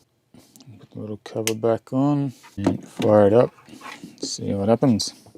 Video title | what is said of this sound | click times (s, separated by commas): A 12V 4G LTE WiFi 6 Router For Your RV: GL.iNet Spitz Plus Is Awesome | Push it in till it clicks in. | 0.6 s